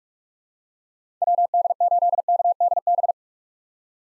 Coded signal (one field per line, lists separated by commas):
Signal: Morse code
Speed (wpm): 46 wpm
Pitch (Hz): 700 Hz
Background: none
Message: WD8KDB